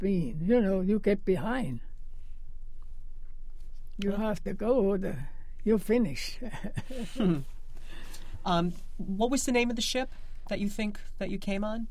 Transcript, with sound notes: You know, you get behind. You have to go. You finish. [Laughs]
What was the name of the ship that you think that you came on?